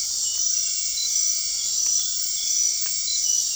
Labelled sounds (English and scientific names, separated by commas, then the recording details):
none
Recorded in dense forest near Puerto Asís, Putumayo, Colombia, on 24 March 2025 at 21:00
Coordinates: 0.499, -76.324
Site GP03